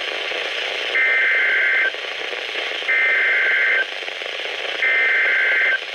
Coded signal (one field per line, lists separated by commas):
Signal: Emergency Alert System (SAME) tones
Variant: header bursts